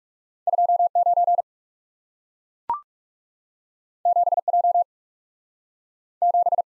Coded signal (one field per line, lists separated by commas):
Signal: Morse code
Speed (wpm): 42 wpm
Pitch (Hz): 700 Hz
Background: none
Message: 2 9 7 J 7